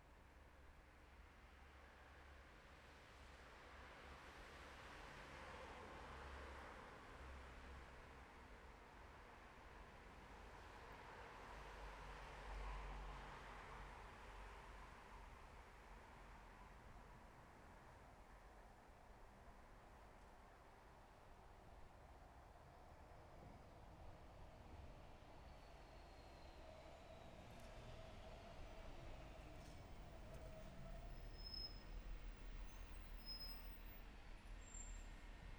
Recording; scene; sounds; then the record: everyday scene through a hearing-aid microphone; in traffic; traffic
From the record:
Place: bus stop on a city main road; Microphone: behind the ear, left, front